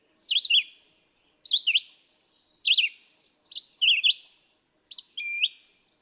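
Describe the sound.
Red-eyed vireo delivering a few terse whistled phrases with up-and-down slurs, spaced about a second apart.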